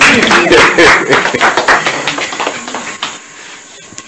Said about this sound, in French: Applaudissez pour le Seigneur.